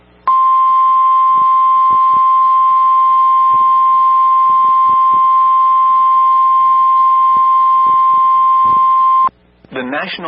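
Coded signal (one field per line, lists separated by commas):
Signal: Emergency Alert System (SAME) tones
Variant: 1050 Hz attention tone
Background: speech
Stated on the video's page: Real tornado warning with valid EAS tones.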